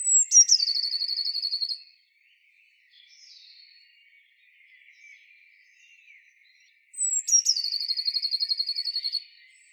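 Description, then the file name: Eurasian blue tit song, a few thin high notes followed by a fast, even trill, given twice. "Cyanistes caeruleus"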